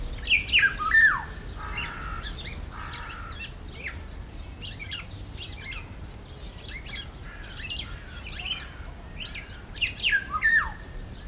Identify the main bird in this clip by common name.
Black-naped Oriole